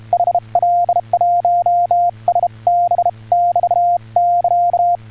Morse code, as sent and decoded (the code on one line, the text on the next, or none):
.... .-.. .---- ... -... / -...- -.-.-
HL1SB <BT><KA>